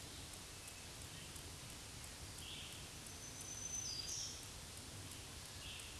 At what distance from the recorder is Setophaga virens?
about 40 m